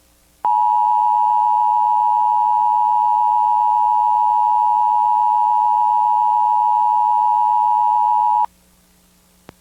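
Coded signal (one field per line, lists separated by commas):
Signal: Emergency Alert System (SAME) tones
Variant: 853 and 960 Hz attention tone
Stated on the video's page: Emergency alert system test broadcast on television in the New York City area.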